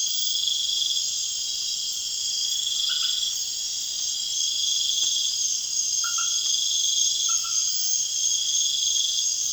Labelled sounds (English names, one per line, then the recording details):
none
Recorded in pastures near Puerto Asís, Putumayo, Colombia, on 30 June 2025 at 20:30
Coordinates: 0.502, -76.324
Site G010